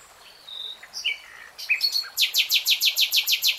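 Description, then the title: Nightingale song: varied whistled and slurred notes lead into a fast, even, loud series of harsh repeated strokes. Nightingale singing in real time. "[Tiếng chim hót] 3 Hours REALTIME Nightingale Singing"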